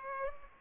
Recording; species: mosquito wingbeat signal from an infrared sensor; Culex pipiens